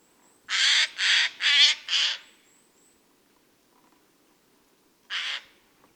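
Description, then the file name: Eurasian jay utters four rapid, grating screeches in a row, then one more, quieter screech after a few seconds; a faint high thin tone is heard too. "Garrulus glandarius"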